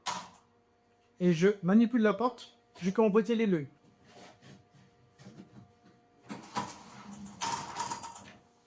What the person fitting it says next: On vient d'entendre la claque, cela veut dire que le chariot est bien emboîté au moyen entraîneur.